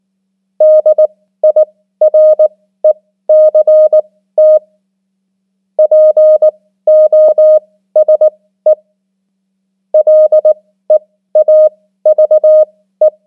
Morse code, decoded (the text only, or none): DIRECT POSE LEAVE